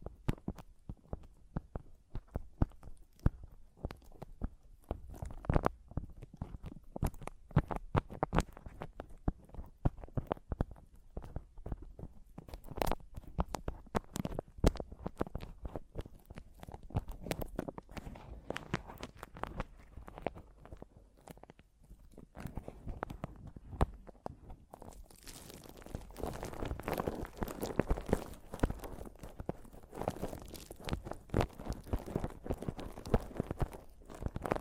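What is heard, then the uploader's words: Mic tapping and scratching fill the clip with dense, irregular taps and scrapes, some sharp and bright, others dull and low. Around the 25-second mark the sound turns into a steadier, rougher scratching that stays busy through the end. ASMR Mic Tapping and Scratching (No Talking).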